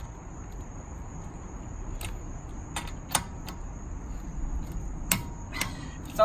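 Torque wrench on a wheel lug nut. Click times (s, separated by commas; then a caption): 5.1 s. A torque wrench set to 80 foot-pounds tightens a lug nut on a car wheel, with body weight used on the wrench. Faint clicks and ticks sound over a steady background hum and a thin high-pitched tone. The wrench gives its release click at 5.1 s, confirming the nut has reached the set torque.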